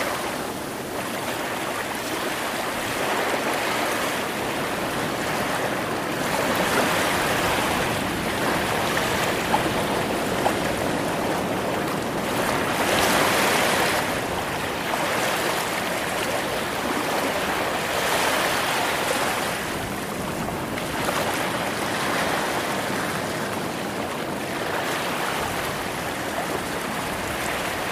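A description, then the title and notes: Ocean waves wash in a steady, dense roar of rushing water with no pauses. Gentle swells of breaking surf rise every few seconds, strongest around the middle, then settle back into the constant hiss. The surf sounds fairly close. Secret Beach Ocean Waves White Noise.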